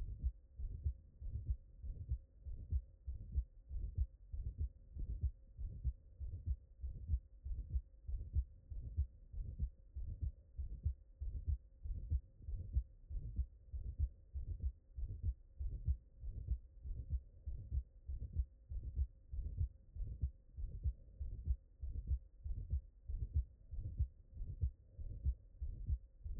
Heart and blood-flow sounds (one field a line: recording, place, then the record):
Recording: heart sounds by stethoscope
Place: pulmonary valve (PV)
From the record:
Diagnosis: HFrEF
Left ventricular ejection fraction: 22%